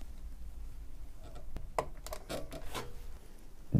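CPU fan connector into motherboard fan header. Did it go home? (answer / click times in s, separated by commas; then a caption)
yes / 1.8 s. A plastic CPU fan connector from a Cooler Master Hyper 212 Evo cooler is plugged onto the motherboard fan header. Soft rubbing and scraping lead to a sharp click at 1.8 s, followed by a few quieter ticks. The connector is seated and the cooler is installed.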